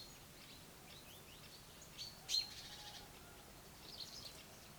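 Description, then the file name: Common chaffinch calls, a single sharp high chip standing out among fainter scattered high chirps over a steady low background hiss. "Fringilla coelebs"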